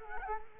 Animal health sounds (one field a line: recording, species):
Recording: mosquito wingbeat signal from an infrared sensor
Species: Culex quinquefasciatus